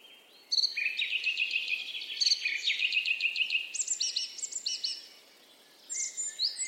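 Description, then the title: Bird song opening with a rapid run of chirped notes, then high descending whistles, a short pause, and a final burst of twittering. "Birds Singing - Birds Chirping"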